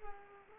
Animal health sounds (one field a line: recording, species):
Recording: mosquito wingbeat signal from an infrared sensor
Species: Culex pipiens